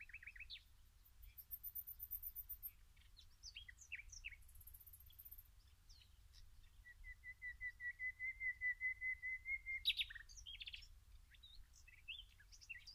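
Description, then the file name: Common nightingale song: varied phrases of chirps, high buzzy trills and a loud crescendo of repeated whistled notes rising in volume, then sharp clicking notes, over low rumbling noise. "Luscinia megarhynchos"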